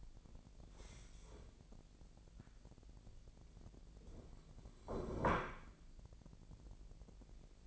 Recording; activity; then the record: daily activity, microphone in the room; stand up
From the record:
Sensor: 5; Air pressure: 1001.8 hPa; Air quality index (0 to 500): 245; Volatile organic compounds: 29 ppm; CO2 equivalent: 2932 ppm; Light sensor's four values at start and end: 47/110/45/47 and 51/119/49/52